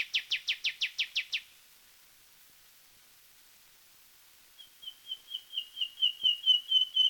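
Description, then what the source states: Common nightingale song: a fast burst of seven harsh rattling notes, a three-second pause, then a long series of pure whistled notes swelling steadily louder in a crescendo. Recorded on a 1936 disc, Songs of Wild Birds, disc 1, side A.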